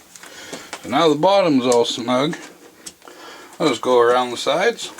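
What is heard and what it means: A plastic back cover is being pressed around the sides of a Samsung Galaxy Note 10.1 N8000 tablet so its edge clips engage the frame, during a battery and dock connector replacement. Someone talks over a few faint handling taps and knocks. Nothing has seated or clicked into place yet.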